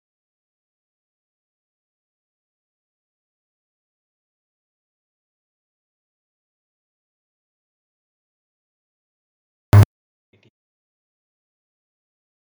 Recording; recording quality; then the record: counting at a normal pace; poor, much background noise or distortion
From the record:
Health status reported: healthy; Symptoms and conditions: none ticked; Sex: male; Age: 22 years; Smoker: not ticked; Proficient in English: yes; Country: India